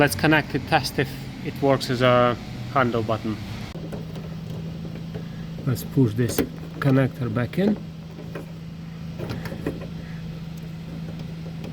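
Someone talks while handling the wiring connector for an AliExpress reversing camera built into the tailgate handle button unit of a Skoda (VW), getting ready to push it back into its socket. A steady low hum runs under the talk from about 3.8 s, with a few faint handling taps around 8.4 s and 9.3–9.7 s. The connector has not seated or clicked yet.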